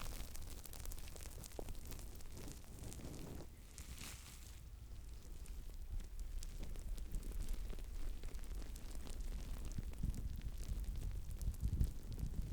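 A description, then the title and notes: A head massage with brushing and scrunching: dense, rustling crackle runs the whole time, heavy in the low end with bright hissy streaks. A brighter brushing burst stands out around four seconds, and the scratchy scrunching grows busier and louder toward the end. ASMR Tingly HEAD Massage (Brushing, Scrunching & More).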